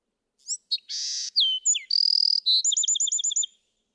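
Bewick's wren song: a few high slurred notes, a harsh buzz, a clear whistled note, another buzz, then a fast sweet trill to finish.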